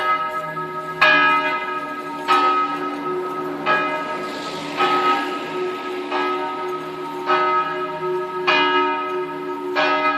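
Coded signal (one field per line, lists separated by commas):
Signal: bell signal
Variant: distesa, single swinging bell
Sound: one swinging church bell striking about every 1.3 seconds, ringing on between strikes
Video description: distesa della mezzana per l'Angelus feriale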